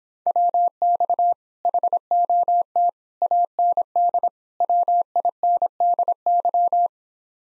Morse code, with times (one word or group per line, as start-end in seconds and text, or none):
0.3-1.3 WX
1.7-2.9 HOT
3.2-4.3 AND
4.6-6.9 WINDY